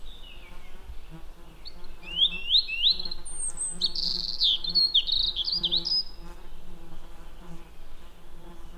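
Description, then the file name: European robin singing a rapid run of thin, high, warbled and sliding notes for several seconds, with a constant low buzzing drone underneath. "Erithacus rubecula"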